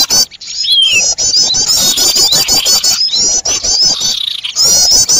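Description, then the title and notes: Birds: busy bird calling with high, rippling trills and rapid clicks, plus a falling whistled note early on. Noisy bird sounds used as a lure for catching birds. "Burung Ribut Pikat"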